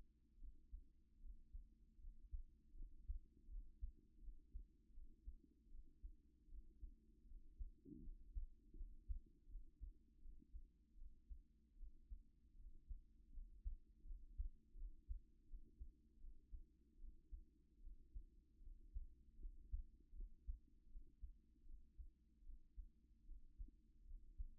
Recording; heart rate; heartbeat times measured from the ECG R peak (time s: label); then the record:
heart sounds by stethoscope; 79 bpm
0.37 s: heartbeat
1.19 s: heartbeat
1.98 s: heartbeat
2.74 s: heartbeat
3.47 s: heartbeat
4.18 s: heartbeat
4.91 s: heartbeat
5.68 s: heartbeat
6.47 s: heartbeat
7.25 s: heartbeat
8.01 s: heartbeat
8.74 s: heartbeat
9.46 s: heartbeat
10.19 s: heartbeat
10.95 s: heartbeat
11.76 s: heartbeat
12.55 s: heartbeat
13.31 s: heartbeat
14.04 s: heartbeat
14.74 s: heartbeat
15.45 s: heartbeat
16.18 s: heartbeat
16.97 s: heartbeat
17.80 s: heartbeat
18.60 s: heartbeat
19.38 s: heartbeat
20.13 s: heartbeat
20.87 s: heartbeat
21.63 s: heartbeat
22.43 s: heartbeat
23.24 s: heartbeat
24.04 s: heartbeat
From the record:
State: at rest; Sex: female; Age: 28 years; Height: 167 cm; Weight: 60 kg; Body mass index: 21.51